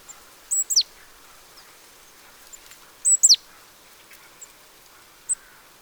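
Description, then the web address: Great tit giving high, sharply descending paired notes, repeated about every two and a half seconds, followed by a single short high note. "pub SETE data Parus major"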